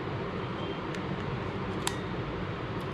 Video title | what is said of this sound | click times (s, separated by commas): Canon EOS M50 Mark II (Best Camera for Youtube) Unboxing + Sample Video/Photograph | बस click की आवाज़ आई और ये लग गया। | 1.9 s